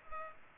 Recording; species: mosquito wingbeat signal from an infrared sensor; Culex pipiens